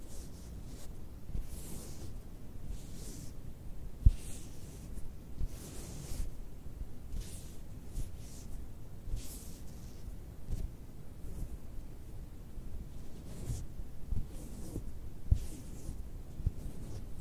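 Quiet fabric scratching and rubbing in soft repeated bursts of bright hiss over a low rumble, with faint taps near four and fifteen seconds.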